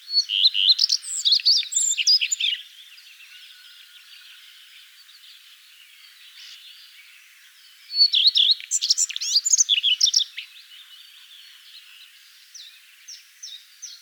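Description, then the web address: Common redstart song: two bursts of high, hurried twittering phrases separated by a quiet pause, with faint bird notes in the background. "vogelstimmen gartenrotschwanz gesang nabu lars lachmann"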